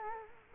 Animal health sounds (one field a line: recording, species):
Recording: mosquito wingbeat signal from an infrared sensor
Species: Culex quinquefasciatus